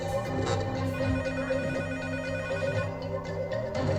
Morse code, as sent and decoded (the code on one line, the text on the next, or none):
none